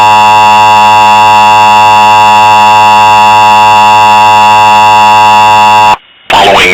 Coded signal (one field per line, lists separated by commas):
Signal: Emergency Alert System (SAME) tones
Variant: 853 and 960 Hz attention tone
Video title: Emergency Alert System - Nothing (S1EP2)